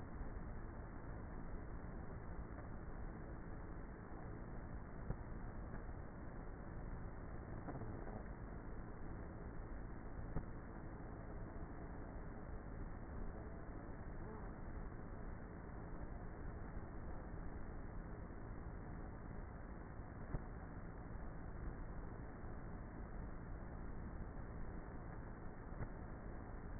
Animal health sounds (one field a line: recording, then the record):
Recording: honeybee colony, microphone inside the hive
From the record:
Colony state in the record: queenless with a low population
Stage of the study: before two queens were removed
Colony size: about 30,000 bees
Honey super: no